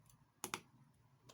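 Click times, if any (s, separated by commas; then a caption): 0.4 s, 0.5 s. A flex cable connector on a Xiaomi Redmi Note 8 is pressed into the phone board socket during a battery replacement, after some fiddling. Two sharp clicks are heard at 0.5 s, and the connector is confirmed seated.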